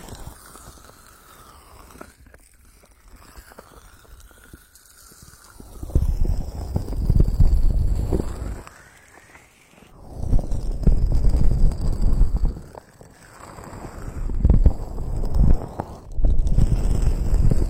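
Water flow is tapped and smeared into a tearing, massaging sound that comes in swelling bursts, quiet for the first six seconds, then loud around 6–9, 10–13 and 14–17 seconds. The sound is low and rough, with gliding whistly tones sweeping above it.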